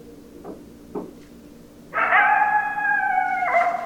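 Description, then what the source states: Coyote calls: two short faint yips, then a loud sustained howl with a small downward step in pitch near its end. 10 December 2012.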